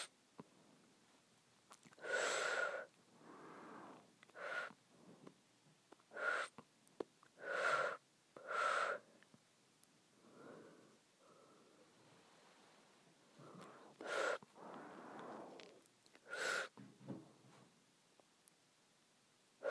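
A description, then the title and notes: Breaths drawn inward, each one a short airy rasp lasting under a second, some with a slight whistling edge. About a dozen come irregularly across the twenty seconds, with quiet gaps between, loudest around two to three and sixteen seconds. Inward Breathing.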